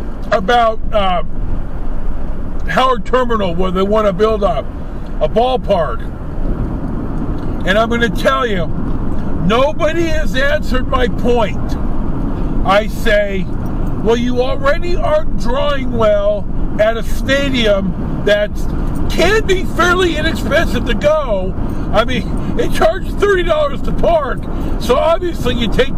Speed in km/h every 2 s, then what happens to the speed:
71, 71, 72, 72, 72, 76, 76, 76, 76, 76, 76, 76, 76.
0-26 steady at about 76.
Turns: none.